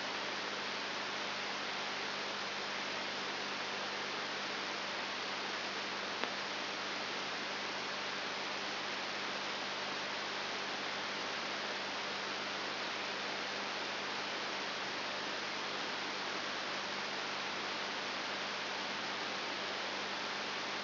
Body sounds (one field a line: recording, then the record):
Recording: brain microelectrode recording played as sound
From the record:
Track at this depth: outside the subthalamic nucleus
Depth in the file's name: 6.1 mm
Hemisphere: left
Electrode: 3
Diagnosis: Parkinson's disease